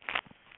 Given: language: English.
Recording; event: throat vibration sensor signal played as sound; swallow